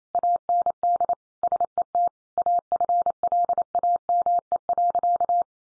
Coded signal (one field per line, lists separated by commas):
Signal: Morse code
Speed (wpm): 28 wpm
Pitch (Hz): 700 Hz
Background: none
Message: AND SET AFLAME.